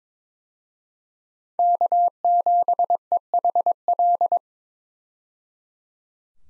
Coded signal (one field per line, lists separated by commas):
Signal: Morse code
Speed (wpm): 22 wpm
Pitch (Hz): 700 Hz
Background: none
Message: K7EHL